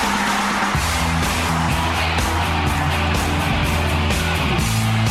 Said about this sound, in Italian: Guarda, senti dopo il traffico, senti un po', senti che arriva. C'è il traffico!